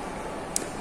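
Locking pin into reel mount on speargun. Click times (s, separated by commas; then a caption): 0.6 s. A locking pin is lined up with the holes in the reel mount of a ZEBRA crossbow spear gun and pushed in to lock the reel, so the reel can't be pulled away when a target is hit. Against a steady low background, one short, sharp click at 0.6 s marks the pin seating. The reel is now locked and the pin cannot be pulled out.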